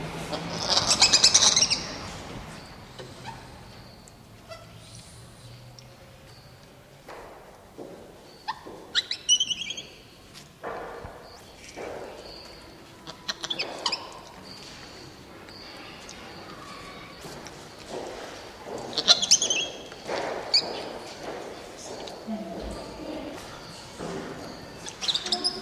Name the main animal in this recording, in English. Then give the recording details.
Black-handed Spider Monkey. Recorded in captivity. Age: adult. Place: Zoo Leipzig, Sachsen, DE. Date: 1981-04-02 12:15. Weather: sunny, ca. 14°C. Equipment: Nagra SN, Kopie Uher 4200. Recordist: Tembrock, Günter